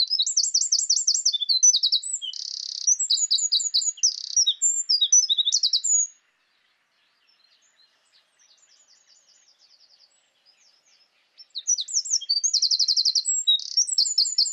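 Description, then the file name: Eurasian wren delivering a long, loud, rapid song of trills and chips, soft notes during a quiet gap, then a second vigorous song starts. "Troglodytes troglodytes"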